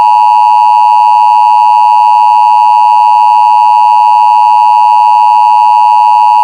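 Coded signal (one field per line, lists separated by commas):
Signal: Emergency Alert System (SAME) tones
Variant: 853 and 960 Hz attention tone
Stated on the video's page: EAS alert tones in a fictional tsunami scenario, not a real broadcast.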